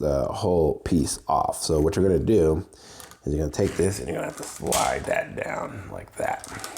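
Someone talks while a transformation part of a metal-and-plastic POSE + Goldymarg & Star Gaogaigar robot figure option set is handled and slid down into the robot figure body, a step that takes some force. Faint handling sounds sit under the talking. The part has not snapped into place yet; nothing has seated or clicked.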